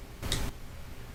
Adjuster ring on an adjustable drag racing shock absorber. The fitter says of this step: There was a faint click, faint